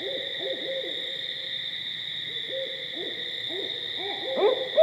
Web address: Barred Owl 2010 10 13 Barred Owl